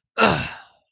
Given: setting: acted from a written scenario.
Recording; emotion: vocal sound without words; pain